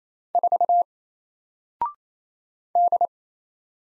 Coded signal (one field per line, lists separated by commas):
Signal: Morse code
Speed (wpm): 28 wpm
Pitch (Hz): 700 Hz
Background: none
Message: 4 D